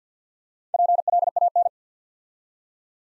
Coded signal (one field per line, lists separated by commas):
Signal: Morse code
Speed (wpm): 48 wpm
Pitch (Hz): 700 Hz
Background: none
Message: PLAN